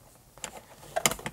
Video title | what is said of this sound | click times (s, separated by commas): Mesh Bimini for Bronco Installation | helps if you get a finger on either side of the web strap push it forward locks in place | 1.1 s